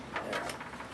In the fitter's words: And you should hear a little click. There.